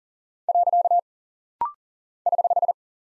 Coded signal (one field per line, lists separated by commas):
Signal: Morse code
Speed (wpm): 39 wpm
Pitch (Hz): 700 Hz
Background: none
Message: . <HH>